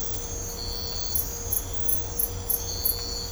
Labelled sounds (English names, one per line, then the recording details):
none
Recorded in dense forest near Puerto Asís, Putumayo, Colombia, on 22 December 2024 at 04:00
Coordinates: 0.503, -76.323
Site G043